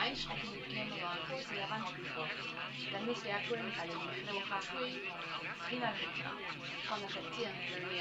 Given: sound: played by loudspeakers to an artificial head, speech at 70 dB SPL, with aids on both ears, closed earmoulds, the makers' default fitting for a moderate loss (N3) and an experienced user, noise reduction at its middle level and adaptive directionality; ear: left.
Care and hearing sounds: speech test signal (ISTS) in cocktail-party noise; 0 dB; on the right (90 degrees)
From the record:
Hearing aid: class 1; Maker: F

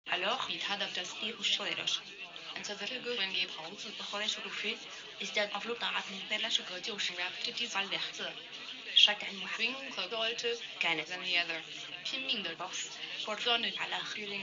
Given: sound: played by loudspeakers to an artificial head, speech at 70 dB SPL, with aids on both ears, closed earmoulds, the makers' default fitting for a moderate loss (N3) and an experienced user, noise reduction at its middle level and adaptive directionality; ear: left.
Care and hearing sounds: speech test signal (ISTS) in cocktail-party noise; +9 dB; in front (0 degrees)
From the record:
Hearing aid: class 1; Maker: G

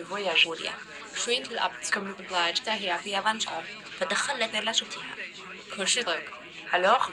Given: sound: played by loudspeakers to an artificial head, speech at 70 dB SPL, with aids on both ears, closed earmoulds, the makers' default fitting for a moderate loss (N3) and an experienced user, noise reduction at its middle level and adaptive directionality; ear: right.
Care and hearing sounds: speech test signal (ISTS) in cocktail-party noise; +3 dB; on the right (90 degrees)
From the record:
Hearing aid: class 2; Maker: E

